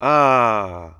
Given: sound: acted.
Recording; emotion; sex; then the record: nonverbal affect burst; pleasure; male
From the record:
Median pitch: 110 Hz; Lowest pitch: 71 Hz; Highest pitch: 151 Hz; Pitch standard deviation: 24 Hz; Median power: 75.0 dB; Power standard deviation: 11.4 dB